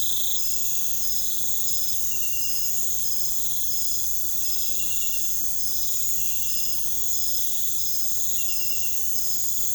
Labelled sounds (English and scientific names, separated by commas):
none